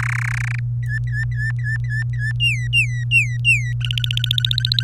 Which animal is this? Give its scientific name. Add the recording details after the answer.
Serinus canaria. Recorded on 24 April 2018 at 17:12. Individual llb3